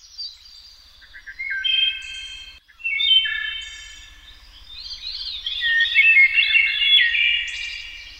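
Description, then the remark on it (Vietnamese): Many birds sing and chirp at once at noon in summer in a busy, overlapping chorus of high, warbling notes and quick tweets, steady throughout with a faint low hum underneath. “Những tiếng hót du dương hay ríu rít khác nhau của bầy chim phá tan đi bầu không khí tĩnh mịch của buổi trưa hè và giúp cho tôi thêm sức sống mãnh liệt.”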